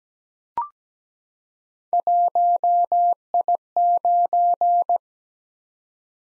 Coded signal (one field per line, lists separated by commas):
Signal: Morse code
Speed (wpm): 17 wpm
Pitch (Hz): 700 Hz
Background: none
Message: 1I9